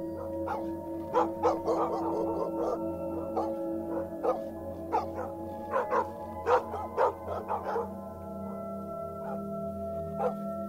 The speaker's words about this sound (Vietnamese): Chó ở trong làng thấy động, cứ thế mà chĩa ra ngoài cắn lên ông ổng.